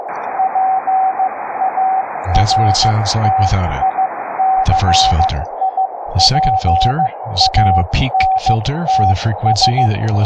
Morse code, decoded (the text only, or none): PARTICIPANTS